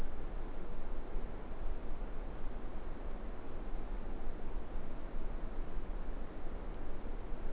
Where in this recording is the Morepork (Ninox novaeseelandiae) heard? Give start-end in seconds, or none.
none